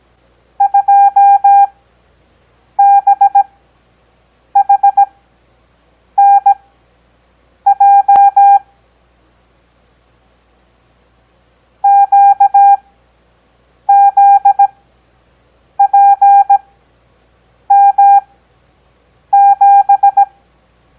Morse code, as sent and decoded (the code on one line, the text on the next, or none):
..--- -... .... -. .--- / --.- --.. .--. -- --...
2BHNJ QZPM7